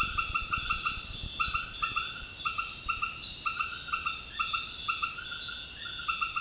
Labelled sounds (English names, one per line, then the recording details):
none
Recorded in pastures near Puerto Asís, Putumayo, Colombia, on 29 June 2025 at 18:30
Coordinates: 0.466, -76.322
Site GP07